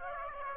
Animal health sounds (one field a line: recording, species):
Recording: mosquito wingbeat signal from an infrared sensor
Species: Aedes aegypti